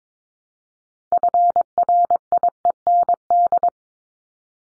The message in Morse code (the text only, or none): FRIEND